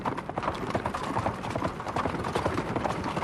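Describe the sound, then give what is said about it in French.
Rapid, rhythmic hoofbeats of galloping horses clatter continuously, a dense drumming of clip-clops with a steady driving pace and no voices. “Allons-y, bête de grâce. Au galop.”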